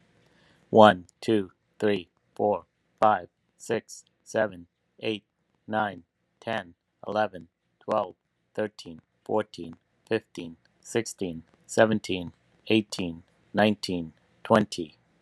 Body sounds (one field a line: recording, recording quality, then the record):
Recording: counting at a fast pace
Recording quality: excellent, no background noise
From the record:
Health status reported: respiratory illness, not identified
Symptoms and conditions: asthma, hypertension, diabetes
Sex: male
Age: 59 years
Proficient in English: yes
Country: United States